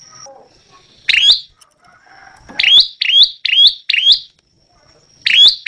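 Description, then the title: Prinia delivering a quick run of four snappy chirps after a single note, with one more near the end. Vigorously singing ('gacor') prinia, recorded as a tutor track ('masteran') for training songbirds. "Prenjak Lancur Gacor Untuk Masteran"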